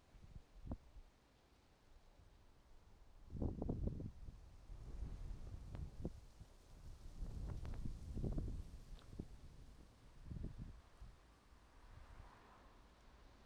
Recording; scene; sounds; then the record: everyday scene through a hearing-aid microphone; wind on the microphone; wind, traffic, birds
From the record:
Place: suburban garden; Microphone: in the ear canal, right